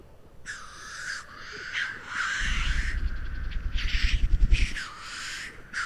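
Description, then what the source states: Black Grouse blowing repeatedly, hissing bursts in quick succession, with a rapid low throbbing pulse underneath midway through. Lekking birds in Sweden; display starts with a blowing sound that slowly builds up to cooing, with bass sounds of the wings audible.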